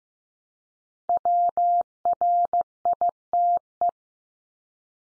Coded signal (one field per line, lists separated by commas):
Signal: Morse code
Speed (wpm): 15 wpm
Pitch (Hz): 700 Hz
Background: none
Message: WRITE